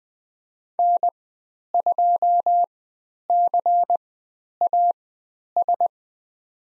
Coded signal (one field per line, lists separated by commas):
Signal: Morse code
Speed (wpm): 20 wpm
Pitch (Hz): 700 Hz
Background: none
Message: N2CAS